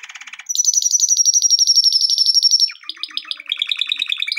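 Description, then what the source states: Canary song with a loud, very fast high trill held for two seconds, then lower rolling notes. Canary song for training.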